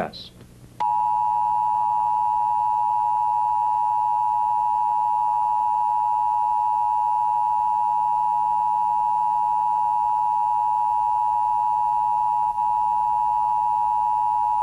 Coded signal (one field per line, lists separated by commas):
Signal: Emergency Alert System (SAME) tones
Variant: 853 and 960 Hz attention tone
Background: speech